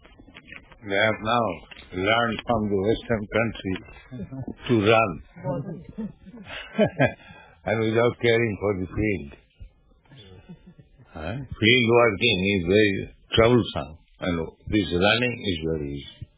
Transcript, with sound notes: They have now learned from the Western countries to run. [laughs] And without caring for the field. Hmm? Field working is very troublesome, and this running is very easy.